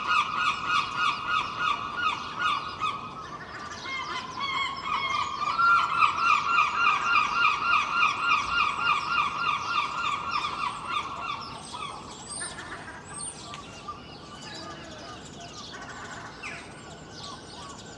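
Seagulls call in a fast, steady run of repeated cries for the first twelve seconds, loud and pulsing, with a brief dip near four seconds. Then the calling drops away, leaving scattered bird chirps and squeals over a faint low rumble of the sea.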